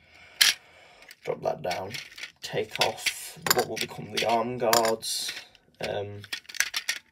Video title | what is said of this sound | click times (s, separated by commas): Transformers: War For Cybertron: Siege: Leader Class Galaxy Upgrade Optimus Prime + TFN Q’s | forward until it clicks | 0.4 s